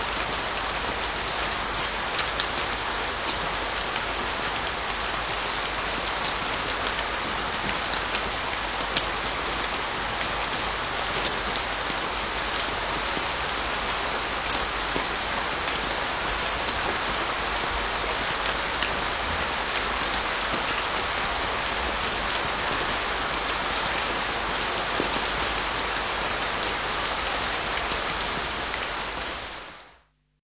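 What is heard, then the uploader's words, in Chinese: Rain falls outdoors in a steady, dense hiss, with many fine drops pattering on hard surfaces. The sound stays even and bright throughout, with tiny crackling impacts scattered across it, then fades out quickly in the final second. 室外雨声。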